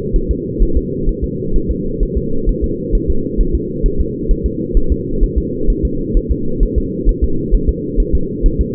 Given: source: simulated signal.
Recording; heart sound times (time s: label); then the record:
fetal heart sounds
0.16 s: S1
0.31 s: S2
0.62 s: S1
0.77 s: S2
1.09 s: S1
1.24 s: S2
1.56 s: S1
1.71 s: S2
2.03 s: S1
2.18 s: S2
2.49 s: S1
2.64 s: S2
2.95 s: S1
3.10 s: S2
3.41 s: S1
3.55 s: S2
3.86 s: S1
4.00 s: S2
4.31 s: S1
4.46 s: S2
4.77 s: S1
4.92 s: S2
5.23 s: S1
5.38 s: S2
5.70 s: S1
5.85 s: S2
6.17 s: S1
6.31 s: S2
6.63 s: S1
6.78 s: S2
7.09 s: S1
7.24 s: S2
7.54 s: S1
7.69 s: S2
8.00 s: S1
8.15 s: S2
8.46 s: S1
8.61 s: S2
From the record:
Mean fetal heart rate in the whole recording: 130 bpm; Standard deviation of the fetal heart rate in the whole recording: 2 bpm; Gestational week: 38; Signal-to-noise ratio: -8.1 dB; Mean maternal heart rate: 72 bpm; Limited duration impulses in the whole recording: absent